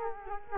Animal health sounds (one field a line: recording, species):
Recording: mosquito wingbeat signal from an infrared sensor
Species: Culex quinquefasciatus